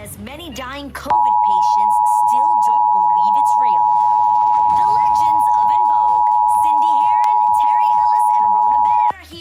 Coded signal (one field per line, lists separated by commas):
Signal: Emergency Alert System (SAME) tones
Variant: 853 and 960 Hz attention tone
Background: speech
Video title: EAS: Pennsylvania Required Monthly Tests (11/19/20)(EAS #511-518)